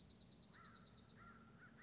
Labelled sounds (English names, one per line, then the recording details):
American Crow
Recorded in Sonoma County, California